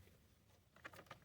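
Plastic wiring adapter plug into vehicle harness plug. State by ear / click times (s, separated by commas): not seated / none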